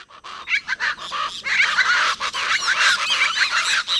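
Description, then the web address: Chachalaca flock calling in a loud, harsh, rhythmic chorus of overlapping guffawing notes. Flock of about a dozen at a forest edge in tropical Central America, calling in the morning; rhythmic guffaws forming a cacophony, sounding as if yelling their name. "Birdnote"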